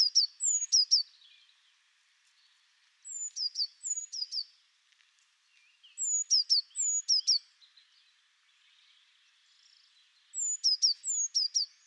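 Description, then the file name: Eurasian blue tit repeating a brief phrase of high sliding notes and quick trills, in bursts every few seconds, with faint background noise. "Cyanistes caeruleus"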